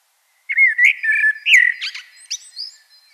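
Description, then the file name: Common blackbird song: a mellow, fluting warbled phrase ending in thin, high twittering notes; quiet background otherwise. "Turdus merula"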